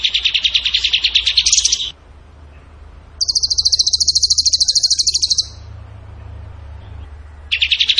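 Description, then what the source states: Bird song: a buzzy chattering burst, then a long high rapid trill, and another buzzy burst at the end. Songbird training audio (masteran) in the tembakan gacor song style.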